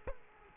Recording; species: mosquito wingbeat signal from an infrared sensor; Culex quinquefasciatus